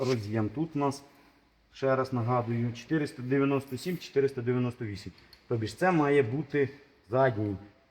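A harness connector numbered 497/498 is being handled at the rear transmission sensor of a HMMWV during automatic transmission troubleshooting, while someone talks throughout. Nothing has seated or clicked yet; the connector has not yet snapped onto the rear sensor by the end.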